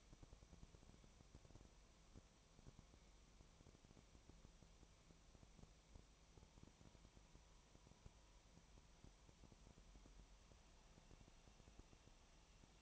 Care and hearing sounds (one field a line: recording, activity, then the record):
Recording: daily activity, microphone in the room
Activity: no activity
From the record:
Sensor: 1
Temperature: 19.4 degrees Celsius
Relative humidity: 35.7%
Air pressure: 1003.3 hPa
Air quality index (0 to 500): 113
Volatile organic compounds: 2 ppm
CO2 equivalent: 1257 ppm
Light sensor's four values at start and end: 1/2/1/1 and 1/2/1/1